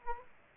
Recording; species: mosquito wingbeat signal from an infrared sensor; Aedes aegypti